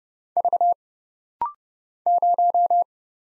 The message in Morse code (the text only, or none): V 0